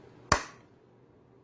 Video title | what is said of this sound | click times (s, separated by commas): 재규어 011/021-가마집에 실이 뭉치는 문제의 해결법 / How to solve the problem of thread bunches in a shuttle race | 즉이 소리가 나야지만 정확하게 조립이 된 것입니다 | 0.3 s